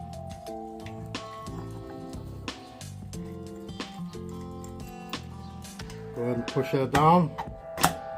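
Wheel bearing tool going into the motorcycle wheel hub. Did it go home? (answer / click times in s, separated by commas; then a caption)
no / none. A wheel bearing installer/puller tool is pushed down into the hub bore of a Harley motorcycle wheel while music plays and someone talks. Nothing has clicked or seated yet; the clip ends just before the tool goes home.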